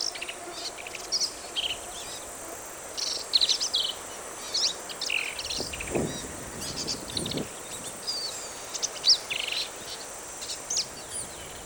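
Black-capped vireo giving many quick, varied, scratchy high phrases in steady succession, with a constant insect hum underneath.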